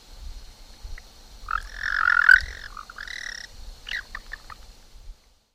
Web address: Frog Anaxyrus Americanus